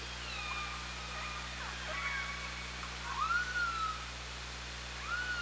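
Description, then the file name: Killer whale calls, several tonal cries with harmonics, the loudest rising then holding steady before dropping, with a second call starting at the end, over constant underwater hiss and hum. Recorded on an OrcaLab hydrophone, 24 August 2017, around 17:37. "Orca Lab 20170824 173714"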